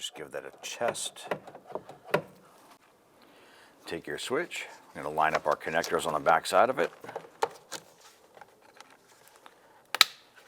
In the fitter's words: press those on you can hear them snap into place